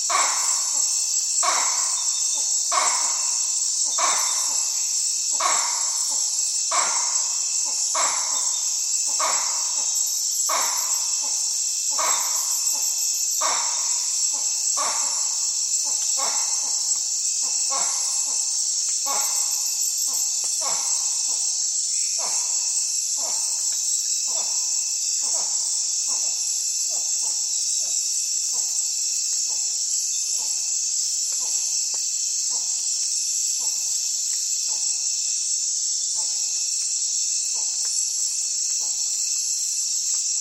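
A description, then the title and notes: Bamboo rats call in a calm Amazon night, a steady run of sharp, regular knocking calls about twice a second that grow fainter toward the end. Behind them, a dense, unbroken high insect buzz and shrill cricket chirring fill the background. Amazon Rainforest - Riverside - Calm Night Atmosphere With Bamboo Rat. Bamboo rats calling on a calm night deep in the Amazon rainforest. Recorded with unattended drop rig: Sony PCM D100, Clippy mics and WindBubbles.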